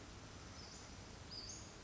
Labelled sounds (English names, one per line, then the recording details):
Western Flycatcher
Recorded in Sonoma County, California